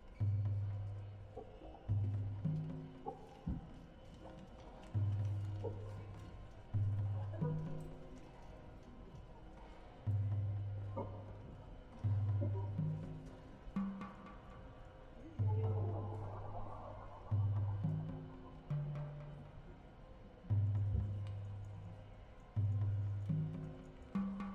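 Sounds from the US Open tennis tournament in New York. A deep, booming low tone pulses in a steady repeating pattern roughly every two and a half seconds, while voices, scattered sharp knocks and a constant murmur run underneath.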